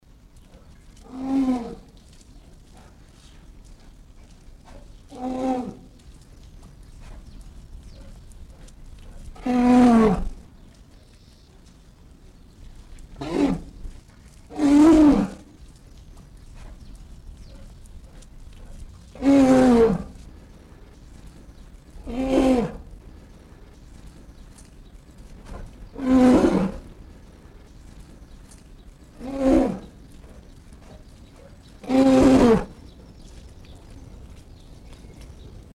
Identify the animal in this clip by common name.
Polar Bear